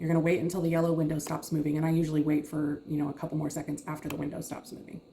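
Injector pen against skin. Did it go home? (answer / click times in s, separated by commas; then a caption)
no / none. A Wegovy pre-filled injector pen with its needle cover down is held against the skin while someone talks about waiting for the yellow window to stop moving. Only speech is heard; nothing has clicked or seated yet.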